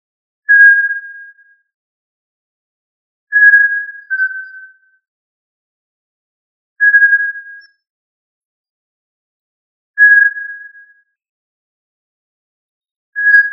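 Tinamou calls: clear, flat whistled tones repeated every few seconds, one doubled with a lower follow-up note, in otherwise silent surroundings.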